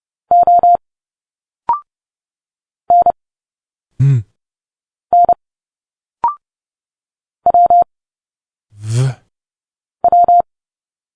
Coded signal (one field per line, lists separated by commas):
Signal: Morse code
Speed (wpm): 29 wpm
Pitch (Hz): 700 Hz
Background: none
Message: O N N W W